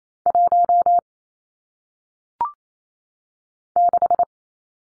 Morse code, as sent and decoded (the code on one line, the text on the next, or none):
.---- / -....
1 6